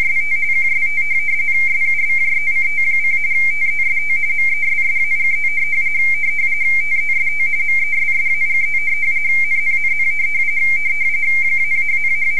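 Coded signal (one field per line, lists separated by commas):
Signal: RTTY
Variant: Baudot, 170 Hz shift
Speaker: and i will send it now and wait to see what happens the message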